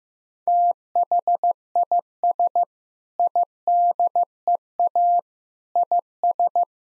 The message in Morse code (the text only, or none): THIS IDEA IS